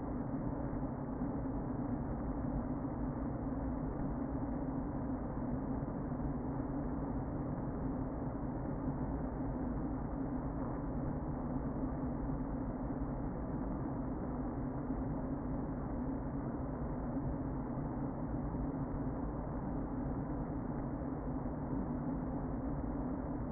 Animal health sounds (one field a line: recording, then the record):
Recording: honeybee colony, microphone inside the hive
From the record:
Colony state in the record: queen present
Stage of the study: before two queens were removed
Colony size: about 60,000 bees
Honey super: yes